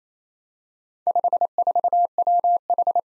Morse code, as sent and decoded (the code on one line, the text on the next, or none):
..... ....- .-- ....
54WH